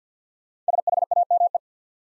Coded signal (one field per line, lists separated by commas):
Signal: Morse code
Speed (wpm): 49 wpm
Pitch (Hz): 700 Hz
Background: none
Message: SHAME